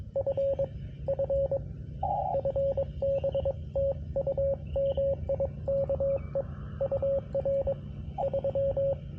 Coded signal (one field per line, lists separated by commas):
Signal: Morse code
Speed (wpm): 22 wpm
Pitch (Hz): 550 Hz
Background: radio noise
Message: F F FB TU MIKE UR 3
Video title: QRP Labs QMX CW POTA On 10 Meters